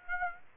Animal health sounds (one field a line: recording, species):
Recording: mosquito wingbeat signal from an infrared sensor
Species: Aedes aegypti